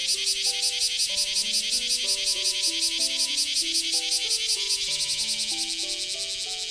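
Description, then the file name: Cicada buzzing in a fast pulsing rhythm, high and rasping, with a soft stepping melody of tones playing underneath throughout. A single cicada. "セミ-単体"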